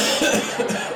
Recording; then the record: coughing mixed with background sound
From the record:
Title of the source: Spring Cold Coughing.